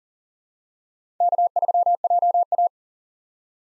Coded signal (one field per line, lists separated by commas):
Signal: Morse code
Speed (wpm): 40 wpm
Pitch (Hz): 700 Hz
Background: none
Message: K3JA